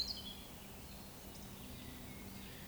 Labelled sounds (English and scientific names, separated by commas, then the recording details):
Eurasian Woodcock (Scolopax rusticola) whistle
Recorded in Baden-Württemberg, Germany, on 19 May 2020 at 19:26 UTC
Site 31917, 145 m above sea level